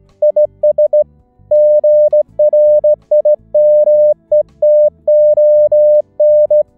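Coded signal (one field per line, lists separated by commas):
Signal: Morse code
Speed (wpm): 17 wpm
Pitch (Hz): 600 Hz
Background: music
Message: IS GRIMETON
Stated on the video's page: SAQ VLF Morse transmission received on a VLF receiver.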